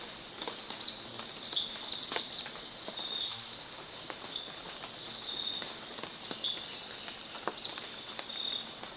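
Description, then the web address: Yellow-throated bush tanager calls: dense run of high, sharp downslurred chips, about one to two per second, overlapping at times, over constant high background hiss. Recorded in Ecuador. "Birds of Ecuador. Yellow-throated Bush-Tanager"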